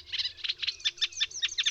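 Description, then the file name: Eurasian reed warbler song fragment: quick, grating chirrups repeated rapidly in a jerky, chattering sequence. "Trzcinniczek"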